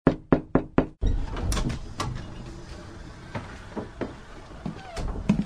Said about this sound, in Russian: Вдруг раздался стук в дверь.